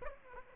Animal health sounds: mosquito wingbeat signal from an infrared sensor; Aedes aegypti

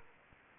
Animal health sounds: mosquito wingbeat signal from an infrared sensor; Anopheles arabiensis

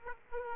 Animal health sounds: mosquito wingbeat signal from an infrared sensor; Aedes aegypti

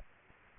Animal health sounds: mosquito wingbeat signal from an infrared sensor; Aedes aegypti

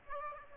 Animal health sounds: mosquito wingbeat signal from an infrared sensor; Aedes aegypti

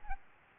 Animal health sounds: mosquito wingbeat signal from an infrared sensor; Aedes albopictus

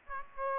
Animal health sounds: mosquito wingbeat signal from an infrared sensor; Aedes aegypti

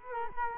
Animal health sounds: mosquito wingbeat signal from an infrared sensor; Culex quinquefasciatus

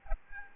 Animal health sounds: mosquito wingbeat signal from an infrared sensor; Aedes albopictus

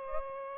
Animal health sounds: mosquito wingbeat signal from an infrared sensor; Aedes aegypti

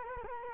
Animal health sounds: mosquito wingbeat signal from an infrared sensor; Culex quinquefasciatus

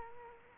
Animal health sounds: mosquito wingbeat signal from an infrared sensor; Culex quinquefasciatus

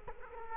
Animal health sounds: mosquito wingbeat signal from an infrared sensor; Culex quinquefasciatus

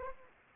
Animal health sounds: mosquito wingbeat signal from an infrared sensor; Anopheles arabiensis

